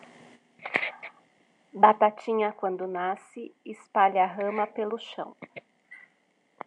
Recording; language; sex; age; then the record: short text; Brazilian Portuguese; female; 40 to 49 years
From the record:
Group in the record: control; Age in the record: 41 years